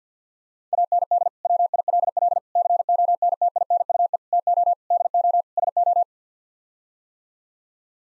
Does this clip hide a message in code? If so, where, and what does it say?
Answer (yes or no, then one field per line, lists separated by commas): yes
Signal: Morse code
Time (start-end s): 0.7-6.0 s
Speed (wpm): 50 wpm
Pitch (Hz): 700 Hz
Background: none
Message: AND WILL CONTINUE TO DO SO